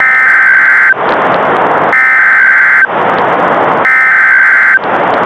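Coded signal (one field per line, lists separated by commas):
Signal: Emergency Alert System (SAME) tones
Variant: header bursts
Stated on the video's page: Mock alert.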